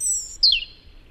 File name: Tomas Belka - Zaryanka Erithacus rubecula